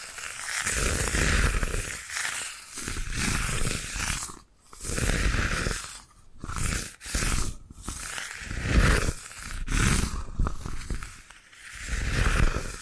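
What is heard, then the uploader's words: Bamboo is brushed and scratched in rough, rasping strokes, each lasting a second or two with brief pauses between. The strokes come in an uneven rhythm, with sharp gaps near four and six seconds, and the hissy texture reaches from low rumble to bright scrape. Bamboo Tapping, Scratching and Brushing Sounds.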